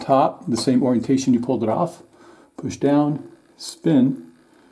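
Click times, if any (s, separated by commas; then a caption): none. Someone talks while handling the plastic fill valve cap assembly, placing it onto the toilet fill valve body to push it down and twist-lock it. Only speech is heard, with no sharp tick. Nothing has seated or clicked yet.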